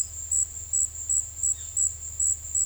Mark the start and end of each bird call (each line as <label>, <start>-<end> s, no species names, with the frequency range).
bird call (1.2-4.3 kHz), 1.55-1.81 s